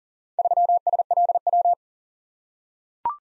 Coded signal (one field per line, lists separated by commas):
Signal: Morse code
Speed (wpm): 41 wpm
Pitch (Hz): 700 Hz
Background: none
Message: 3SLW